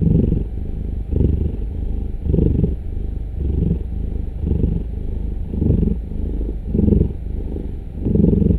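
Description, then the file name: Cat purring: a deep, rattling rumble that swells and fades in a steady cycle about once a second. "Digiffects Sound Effects Library - Cat Purring"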